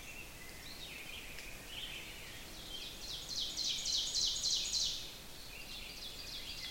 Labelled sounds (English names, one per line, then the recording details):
Ovenbird song
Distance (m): 50 m
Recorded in boreal forest in Alberta, Canada, on 5 June 2016 at 05:39
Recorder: SongMeter 3, array SBT-3-51
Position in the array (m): 271 m, 118 m
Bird 28